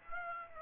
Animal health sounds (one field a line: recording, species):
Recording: mosquito wingbeat signal from an infrared sensor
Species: Aedes aegypti